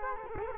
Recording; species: mosquito wingbeat signal from an infrared sensor; Culex quinquefasciatus